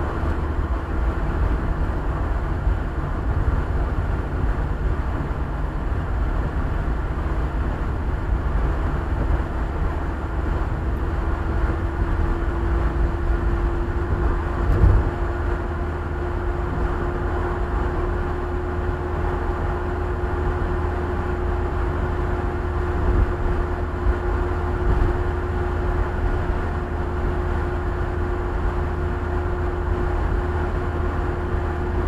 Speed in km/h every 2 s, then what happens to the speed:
73, 70, 68, 68, 69, 70, 72, 74, 76, 77, 77, 78, 78, 78, 78, 78.
0-7 steady at about 68. 7-17 speeds up to 77. 17-32 steady at about 78.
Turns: none.